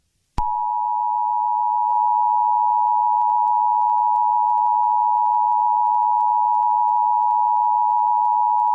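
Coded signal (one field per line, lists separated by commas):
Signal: Emergency Alert System (SAME) tones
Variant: 853 and 960 Hz attention tone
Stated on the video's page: Fictional homemade scenario alert tones, not a real event.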